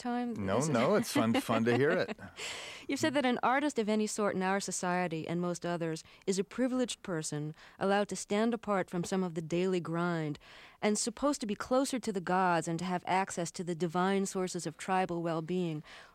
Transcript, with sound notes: no, it's fun to hear it.
(SOUNDBITE OF LAUGHTER)
You said that an artist of any sort in our society and most others is a privileged person, allowed to stand apart from some of the daily grind and supposed to be closer to the gods and to have access to the divine sources of tribal well-being.